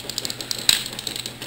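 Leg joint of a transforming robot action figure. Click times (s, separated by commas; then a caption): 0.7 s. The leg joint of a plastic Masterpiece Grimlock transforming robot action figure is rotated through its ratcheting joints, producing a run of small, sharp ratchet clicks. The leg is then moved the rest of the way, and it seats into position with the loudest click at 0.7 s, followed by a few lighter clicks.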